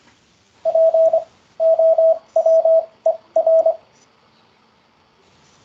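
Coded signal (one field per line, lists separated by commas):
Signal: Morse code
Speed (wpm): 27 wpm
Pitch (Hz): 650 Hz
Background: none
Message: POWER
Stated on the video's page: Morse word practice for beginners on the ZS-CW Beginner's Corner.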